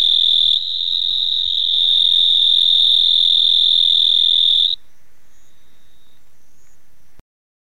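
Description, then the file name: Marbled snout-burrowing frog giving a steady, high-pitched insect-like buzz lasting nearly five seconds, then stopping sharply, with a faint low hum behind. "Hemisus marmoratus calling"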